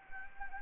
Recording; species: mosquito wingbeat signal from an infrared sensor; Anopheles gambiae